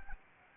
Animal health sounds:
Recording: mosquito wingbeat signal from an infrared sensor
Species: Anopheles arabiensis

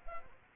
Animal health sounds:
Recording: mosquito wingbeat signal from an infrared sensor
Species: Culex pipiens

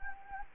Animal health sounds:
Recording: mosquito wingbeat signal from an infrared sensor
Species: Anopheles gambiae

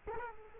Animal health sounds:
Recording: mosquito wingbeat signal from an infrared sensor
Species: Culex quinquefasciatus

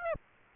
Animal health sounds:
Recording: mosquito wingbeat signal from an infrared sensor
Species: Aedes aegypti

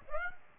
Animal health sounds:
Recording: mosquito wingbeat signal from an infrared sensor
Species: Aedes aegypti

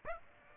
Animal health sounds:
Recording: mosquito wingbeat signal from an infrared sensor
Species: Aedes aegypti

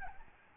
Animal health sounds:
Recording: mosquito wingbeat signal from an infrared sensor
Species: Aedes albopictus

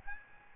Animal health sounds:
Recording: mosquito wingbeat signal from an infrared sensor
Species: Aedes albopictus

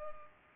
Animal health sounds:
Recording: mosquito wingbeat signal from an infrared sensor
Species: Culex pipiens

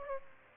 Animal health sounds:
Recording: mosquito wingbeat signal from an infrared sensor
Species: Aedes aegypti

